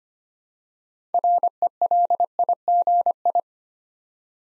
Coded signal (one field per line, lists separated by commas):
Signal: Morse code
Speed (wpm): 25 wpm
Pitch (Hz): 700 Hz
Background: none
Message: RELIGI